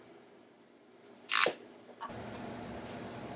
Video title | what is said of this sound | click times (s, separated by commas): I made my EV conversion Jeep drive for the first time in 40 years with an Openinverter. | satisfying click number one | 1.4 s